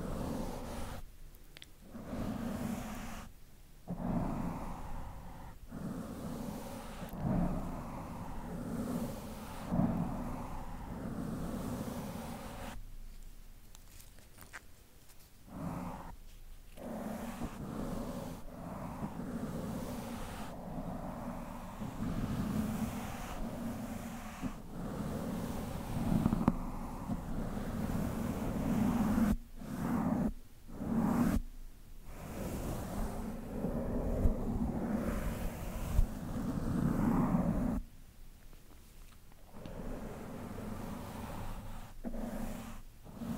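Close, rough brushing rubs across a microphone in a steady, dense wash of scratchy noise, heaviest in the low to middle range. The strokes stop briefly every few seconds, with longer silent gaps near 13 and 38 seconds, and occasional louder taps stand out.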